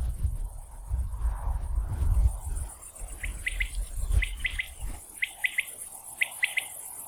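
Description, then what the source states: Common quail song: crisp three-note phrases, quick and sharp, repeated about once a second from three seconds in, over low rumbling noise and a steady high hiss. 15 July 2016.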